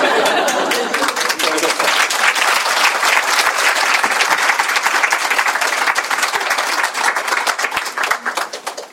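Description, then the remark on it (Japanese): An audience applauds steadily at the end of a discussion session, a dense wash of many hands clapping at once that holds loud throughout before thinning slightly at the end. “まあ、拍手があったっていうことはブーイングじゃなくて拍手があったよかったっていう話です、はい”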